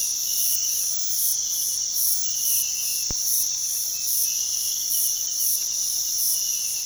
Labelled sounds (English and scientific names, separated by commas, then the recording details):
none
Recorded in pastures near Puerto Asís, Putumayo, Colombia, on 19 February 2024 at 05:30
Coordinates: 0.468, -76.328
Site G6414